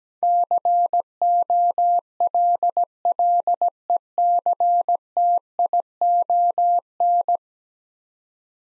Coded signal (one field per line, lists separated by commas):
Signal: Morse code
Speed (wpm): 17 wpm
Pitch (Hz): 700 Hz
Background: none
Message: COLLECTION